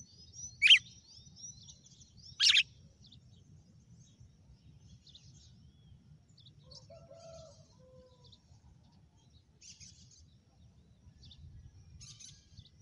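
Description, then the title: Red-cowled cardinal giving two sharp, high, downward-slurred notes about two seconds apart, with faint soft chirps and a low background hum. Female red-cowled cardinal; title names a bird Fenrir and says it gave 'açoite' that day. "Canto Galo Campina Fêmea 06. GALO DE CAMPINA FENRIR - HJ FOI AÇOITE VIU??"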